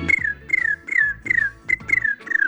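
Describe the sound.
A little bird's whistle: six quick, clear chirps, each sliding downward in pitch, repeated in a steady, bouncy rhythm with no one talking.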